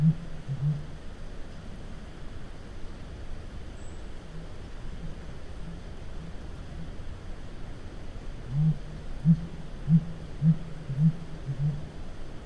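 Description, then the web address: Blue grouse hooting: two low hoots at the opening, then a run of six deep, evenly spaced hoots about half a second apart, over faint low background noise. North America. "Songs of Birds of North America. Blue Grouse"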